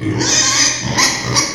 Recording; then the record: squeal of a Yucatan mini pig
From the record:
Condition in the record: before surgery on the right vocal fold (resection and tissue-engineered implant); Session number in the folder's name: 2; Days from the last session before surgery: 0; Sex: male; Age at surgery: 12 weeks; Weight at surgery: 13 kg